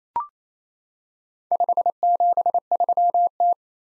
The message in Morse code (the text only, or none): 573T